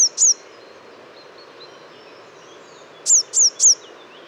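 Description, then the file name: Great tit giving thin, very high descending notes: two notes, then a quick run of three after a pause, over steady background noise. "Parus major"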